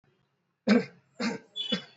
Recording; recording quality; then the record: shallow voluntary cough; excellent, no background noise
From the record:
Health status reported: exposed to COVID-19, no respiratory illness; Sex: male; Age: 28 years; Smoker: no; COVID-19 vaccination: both doses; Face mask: worn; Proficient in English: yes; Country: India